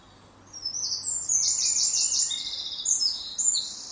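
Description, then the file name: Eurasian wren song, a loud, rapid run of very high trills and buzzy rattles. "Troglodytes troglodytes"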